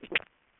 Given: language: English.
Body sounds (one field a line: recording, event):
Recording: throat vibration sensor signal played as sound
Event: swallow